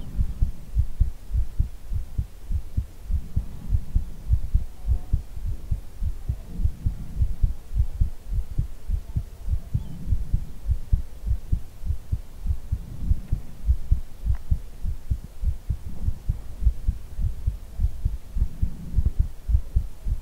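Soft, regular low thumps near 100 a minute over a faint hum: an adult heartbeat heard up close through the chest, as if the listener's head were held against it in a hug.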